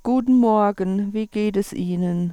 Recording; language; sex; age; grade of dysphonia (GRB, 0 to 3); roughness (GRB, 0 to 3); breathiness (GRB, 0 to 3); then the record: spoken sentence; German; female; 40 to 49 years; 0; 0; 0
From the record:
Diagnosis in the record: dysodia (singing voice disorder); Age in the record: 45 years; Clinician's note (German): Mit Tendenz zur Hyperfunktion